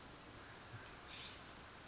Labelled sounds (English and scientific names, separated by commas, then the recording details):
California Scrub-Jay (Aphelocoma californica)
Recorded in Sonoma County, California